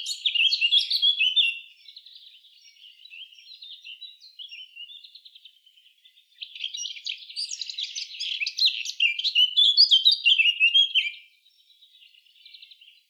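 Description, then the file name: Eurasian blackcap song: fast, varied warbling phrases of high notes, two louder bursts separated by a softer, quieter twittering stretch. "Sylvia atricapilla"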